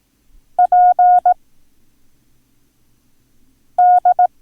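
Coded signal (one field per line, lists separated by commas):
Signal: Morse code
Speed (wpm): 18 wpm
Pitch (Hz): 720 Hz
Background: none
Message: PD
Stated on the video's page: Morse code lesson teaching the letters Q, Y, P and X.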